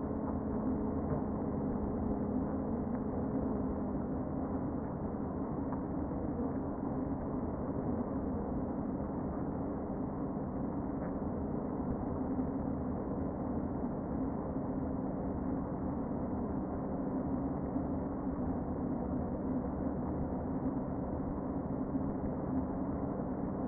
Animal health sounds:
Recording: honeybee colony, microphone inside the hive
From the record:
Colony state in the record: queen present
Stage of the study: before two queens were removed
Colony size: about 60,000 bees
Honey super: yes

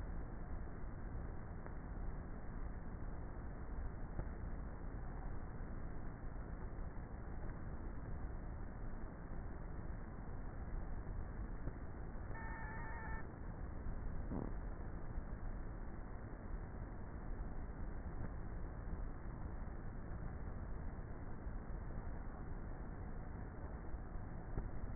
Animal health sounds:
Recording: honeybee colony, microphone inside the hive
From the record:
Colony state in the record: queenless with a low population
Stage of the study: before two queens were removed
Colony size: about 30,000 bees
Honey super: no

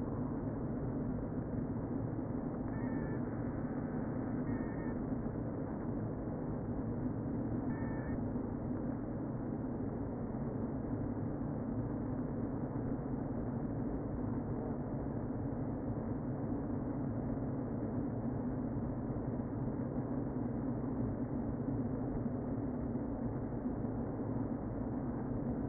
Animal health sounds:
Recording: honeybee colony, microphone inside the hive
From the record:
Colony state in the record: queen present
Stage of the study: before two queens were removed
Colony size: about 60,000 bees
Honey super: yes

